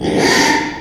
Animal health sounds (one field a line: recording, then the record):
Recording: squeal of a Yucatan mini pig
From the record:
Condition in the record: after surgery on the right vocal fold (resection and tissue-engineered implant)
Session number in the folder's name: 3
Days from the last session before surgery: 33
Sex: male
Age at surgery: 12 weeks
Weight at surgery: 13 kg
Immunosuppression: cyclosporine, prednisolone